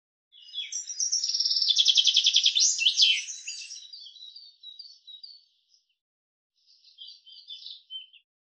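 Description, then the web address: Common chaffinch song: a fast, bright descending trill of repeated notes ending in a sharp flourish, followed by a few softer, scattered chirps after a pause. "Deverinetal 2025 File cleaned normalized Bird Fr Co"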